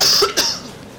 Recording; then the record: coughing mixed with background sound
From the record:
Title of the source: November cold (wet coughing)